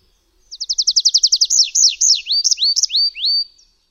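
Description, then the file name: Tree pipit song: a quick trill of sharp descending notes followed by slower, longer falling and then rising-then-flat whistled notes. "ŚWIERGOTEK DRZEWNY"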